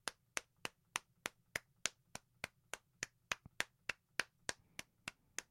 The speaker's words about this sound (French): C'est vraiment, là, une bonne main d'applaudissements. Bravo.